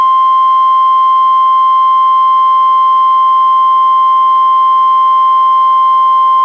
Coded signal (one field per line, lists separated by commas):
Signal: Emergency Alert System (SAME) tones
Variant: 1050 Hz attention tone